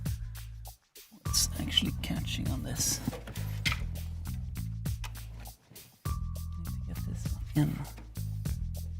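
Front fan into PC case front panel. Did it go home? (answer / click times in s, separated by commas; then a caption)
no / none. A front case fan is being handled and pushed toward its place in the front panel of a PC case while music plays and someone talks. Only brief handling knocks and bumps are heard. The fan has not seated or clicked into place yet.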